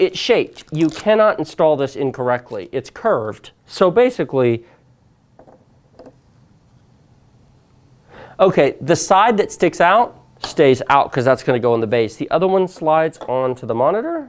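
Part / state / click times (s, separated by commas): stand neck for monitor rear mount / not seated / none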